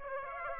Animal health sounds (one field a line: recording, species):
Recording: mosquito wingbeat signal from an infrared sensor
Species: Aedes aegypti